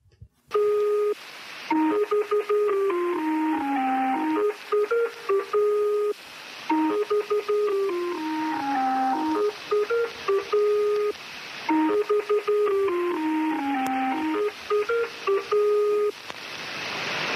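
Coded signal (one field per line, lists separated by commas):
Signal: numbers station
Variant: Lincolnshire Poacher (E3)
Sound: electronic folk-tune melody of stepping tones, repeated three times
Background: radio hiss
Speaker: the Lincolnshire poacher okay the name of the station and we're going to listen to a few seconds of this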